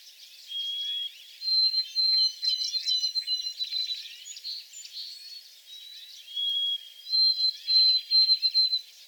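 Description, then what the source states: White-throated sparrow song, sweet sustained whistles stepping between two pitches, sung twice, over a background of twittering and chipping songbirds. 28 April 2022, in the back shrubs.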